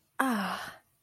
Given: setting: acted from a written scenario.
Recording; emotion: vocal sound without words; relief